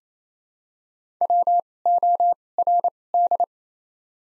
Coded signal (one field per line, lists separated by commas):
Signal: Morse code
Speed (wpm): 28 wpm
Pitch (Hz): 700 Hz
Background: none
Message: WORD